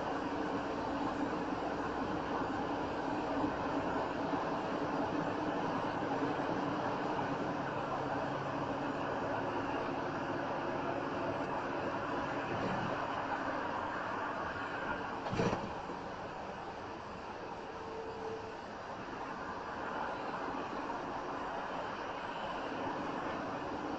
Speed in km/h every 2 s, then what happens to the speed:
55, 58, 61, 61, 60, 58, 53, 42, 34, 32, 34, 34.
0-4 speeds up to 61. 4-9 steady at about 61. 9-16 brakes to 34. 16-24 steady at about 34.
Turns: none.